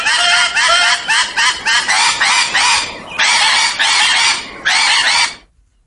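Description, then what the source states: Blue-throated macaw calls: many loud, harsh, raspy squawks in close succession, then abrupt silence. Recorded at a wildlife park that is home to blue-throated macaws; played on radio as a wildlife sound.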